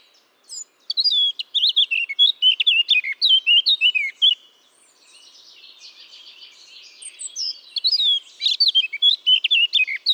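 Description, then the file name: Eurasian blackcap song: a burst of loud, clear whistled notes, then a quiet scratchy twittering passage, then another bright fluty phrase. "Sylvia atricapilla"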